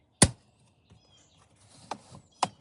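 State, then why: Seated. The left section of a plastic mesh radiator grille insert is pushed down into the front bumper grille opening of a Model Y Juniper until its clips snap in, with a sharp, loud snap at 0.2 s. Two softer clicks follow at 1.9 s and 2.4 s. The left side of the grille insert is seated.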